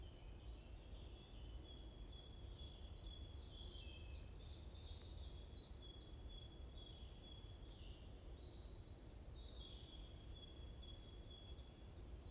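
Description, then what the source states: Birds chirping with repeated quick falling notes in two runs and high thin whistles between, set against a constant low rumble. Morning birds chirping in a forest at Watermaal-Bosvoorde, Brussels, Belgium; peaceful atmosphere; recorded with an AMBE VR microphone.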